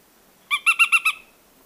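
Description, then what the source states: Nariño tapaculo giving a short burst of five harsh, nasal notes in quick succession, then silence. Recorded in Ecuador.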